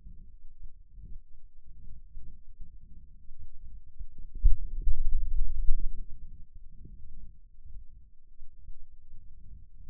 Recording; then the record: forearm muscle sounds (acoustic myography)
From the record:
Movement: finger pinch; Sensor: system 2, bracelet of six BSWA MPA416 microphones around the upper forearm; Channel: 2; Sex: male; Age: 22 years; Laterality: right